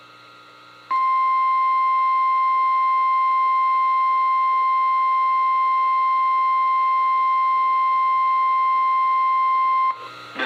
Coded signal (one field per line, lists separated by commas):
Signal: Emergency Alert System (SAME) tones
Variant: 1050 Hz attention tone